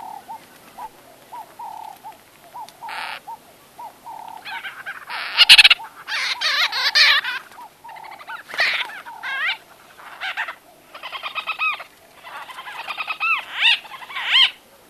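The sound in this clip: White-fronted bee-eater calls: loud, rasping, nasal bursts and squeaky chatter in uneven clusters, with a regular string of short, low, tonal notes in the background.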